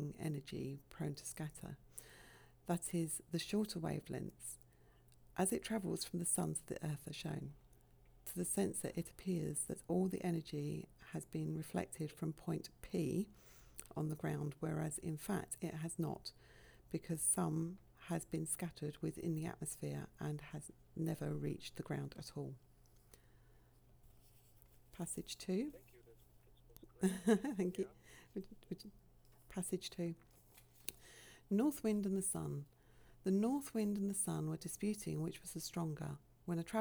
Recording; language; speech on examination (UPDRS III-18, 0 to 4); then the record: text read into a phone; English; 0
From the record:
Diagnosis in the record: healthy control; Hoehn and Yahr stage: 0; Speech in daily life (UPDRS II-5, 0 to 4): 0